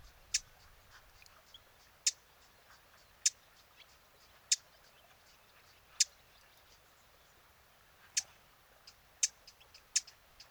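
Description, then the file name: Eurasian blackcap giving sharp, hard clicking tack calls, single and irregularly spaced, about eight loud ones with fainter ticks between, over a quiet background hiss. "Sylvia atricapilla"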